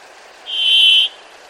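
Bird call: one steady, high whistled note held just over half a second, flat in pitch, over a faint background hiss.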